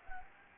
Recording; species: mosquito wingbeat signal from an infrared sensor; Anopheles gambiae